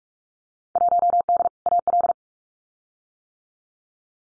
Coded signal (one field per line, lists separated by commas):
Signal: Morse code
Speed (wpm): 46 wpm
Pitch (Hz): 700 Hz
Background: none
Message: 1D AL